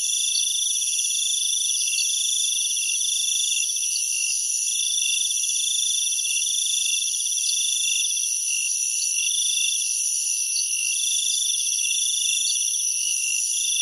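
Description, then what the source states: Continuous insect chorus of overlapping shrill, buzzing tones, one band pulsing slightly while the rest hold steady. Jungle insects at night in Thailand.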